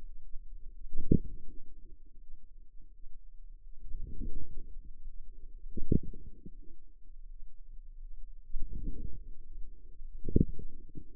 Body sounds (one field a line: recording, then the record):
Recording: forearm muscle sounds (acoustic myography)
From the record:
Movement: outward rotation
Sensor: system 2, bracelet of six BSWA MPA416 microphones around the upper forearm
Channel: 2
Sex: female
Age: 23 years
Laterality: right